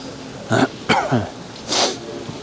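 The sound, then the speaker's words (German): Three short, harsh coughing bursts spaced about half a second apart, the second one raspier and more throaty, the last a breathy, hissing cough, with no talking. “Das Schlimme hier ist, also hier scheint ja so ziemlich jeder Zweite die ganze Zeit zu husten.”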